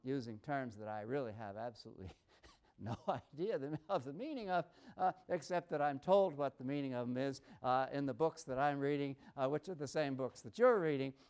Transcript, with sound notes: using terms that I really have no absolutely no idea [laughs] of the meaning of except that I’m told what the meaning of them is in the books that I am reading, which are the same books that you’re reading.